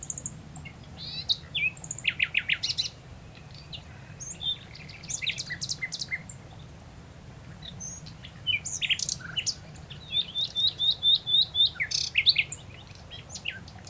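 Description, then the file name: Common nightingale song: varied rich phrases of sharp chirps, whistles and clicks, ending in a fast repeated trill of bright notes; faint low hum beneath. "Luscinia megarhynchos"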